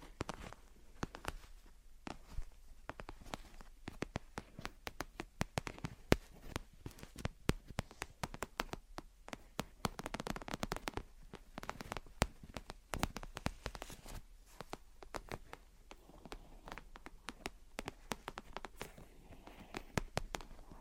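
Gentle tapping and scratching runs through the whole 21 seconds as a dense stream of short, sharp clicks and taps. The rhythm is irregular, with quick flurries and brief pauses, and a few louder taps around six and twelve seconds. The texture stays crisp and bright.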